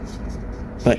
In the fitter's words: but once it all the lugs are lined up it'll snap right in